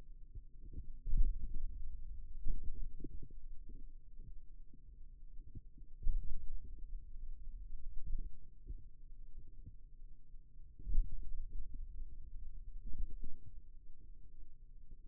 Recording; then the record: forearm muscle sounds (acoustic myography)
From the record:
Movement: pen grasping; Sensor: system 2, bracelet of six BSWA MPA416 microphones around the upper forearm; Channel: 2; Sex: male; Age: 22 years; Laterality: right